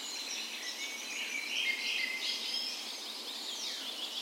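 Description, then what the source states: Birds singing in a dawn chorus, soft layered high whistles and twittering blending into a steady background wash. Dawn chorus in a park west in Bergen, Norway, on the spring morning of 17 May, Norway's National Day; recorded with a Sony PCM A10 and LOM micro Usi mics as 'tree ears'.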